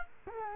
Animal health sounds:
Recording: mosquito wingbeat signal from an infrared sensor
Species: Culex quinquefasciatus

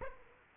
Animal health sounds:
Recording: mosquito wingbeat signal from an infrared sensor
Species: Aedes aegypti

